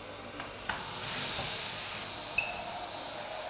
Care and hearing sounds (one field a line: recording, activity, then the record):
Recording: daily activity, microphone in the room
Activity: vacuum cleaning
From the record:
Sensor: 2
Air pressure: 990.9 hPa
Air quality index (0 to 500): 135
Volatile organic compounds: 177 ppm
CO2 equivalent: 4132 ppm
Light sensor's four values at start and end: 21/50/20/20 and 21/50/20/20